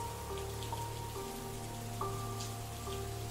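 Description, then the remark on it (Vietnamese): Steady rain patters and hisses without pause, a dense even wash of drops, while soft sustained musical tones hum underneath and shift pitch now and then. “Bọn trẻ chúng tôi vừa chạy dưới mưa, vừa đọc lên bài đồng dao đó.”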